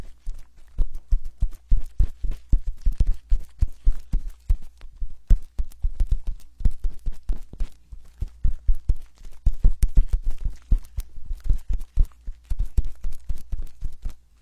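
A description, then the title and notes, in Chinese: A hand massage made of rapid, uneven pats and slaps, mostly dull low thumps, coming in dense bursts throughout with brief pauses. 手部按摩3（声控助眠）。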